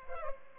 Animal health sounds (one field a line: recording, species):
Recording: mosquito wingbeat signal from an infrared sensor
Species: Culex pipiens